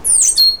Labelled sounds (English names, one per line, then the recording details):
Stitchbird song
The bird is a male
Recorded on Tiritiri Matangi Island, New Zealand, in 2005
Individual 12, of nest box 16